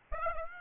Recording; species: mosquito wingbeat signal from an infrared sensor; Aedes aegypti